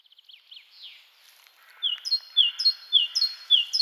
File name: Parus major